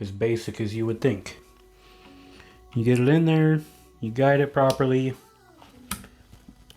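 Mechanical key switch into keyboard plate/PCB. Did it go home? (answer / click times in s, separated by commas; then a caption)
yes / 5.9 s. A mechanical key switch is guided into a keyboard's metal plate or PCB socket and pushed down until it snaps in, with a sharp click at 5.9 seconds. Someone talks throughout the clip, and the switch is seated.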